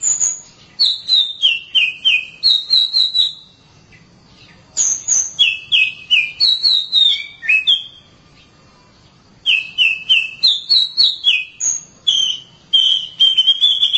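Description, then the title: Oriental magpie-robin song: three bouts of clear whistled, downslurred notes, often in quick pairs or triplets, separated by pauses of about a second. Long-duration song. "Suara Kicauan Burung Kacer Durasi Panjang"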